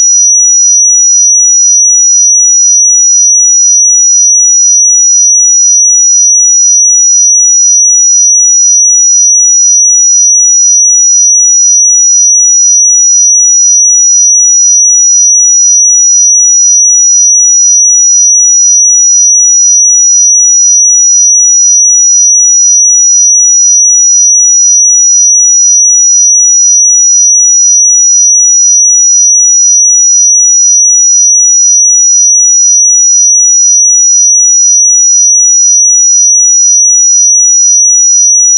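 A pure sine tone at 5851 Hz holds perfectly steady for the whole stretch, a thin, bright, piercing whistle with no wavering in pitch or loudness. Nothing else sounds behind it; the level stays constant from start to finish.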